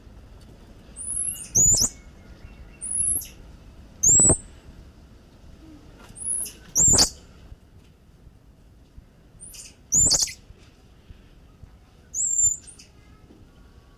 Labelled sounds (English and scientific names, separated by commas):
Common Squirrel Monkey (Saimiri sciureus) call